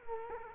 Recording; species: mosquito wingbeat signal from an infrared sensor; Culex quinquefasciatus